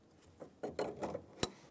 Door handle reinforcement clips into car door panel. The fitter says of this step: Push on the back of the door handle reinforcement and make sure these clips clip into the door.